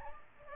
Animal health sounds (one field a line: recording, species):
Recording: mosquito wingbeat signal from an infrared sensor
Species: Aedes aegypti